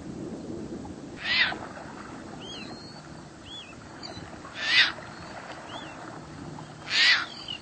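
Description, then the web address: Caspian tern giving three loud, harsh, rasping calls about two to three and a half seconds apart, with faint higher chirps from small birds in between. "cotor. Caspian Tern"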